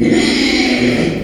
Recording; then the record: squeal of a Yucatan mini pig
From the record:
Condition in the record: after surgery on the right vocal fold (resection and tissue-engineered implant); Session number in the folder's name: 2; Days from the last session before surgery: 13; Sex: male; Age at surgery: 12 weeks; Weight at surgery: 13 kg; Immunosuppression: cyclosporine, prednisolone